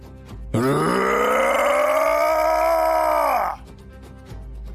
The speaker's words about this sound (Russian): Взревел великан. И этот крик был полон такой нечеловеческой агонии, что у меня мурашки пробежали по спине.